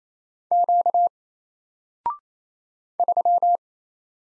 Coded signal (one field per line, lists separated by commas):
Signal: Morse code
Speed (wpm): 27 wpm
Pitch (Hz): 700 Hz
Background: none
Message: Q 3